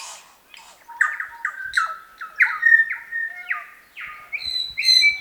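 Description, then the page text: New Zealand bellbird giving a rapid series of harsh, nasal, slurred notes, some falling in pitch, with a few clearer whistled tones toward the end. "Chris Benesh - Медосос-колокольчик, или Макомако (Anthornis melanura)"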